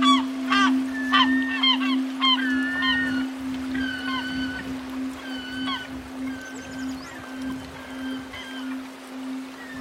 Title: The beach and seagulls, zither and cymbals